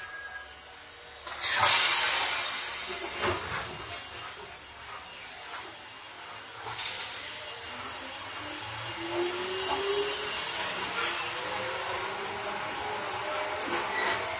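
Izuhakone Railway 3000 series train ride: steady rumbling with a loud screech near two seconds, another burst near seven, then rising motor whine.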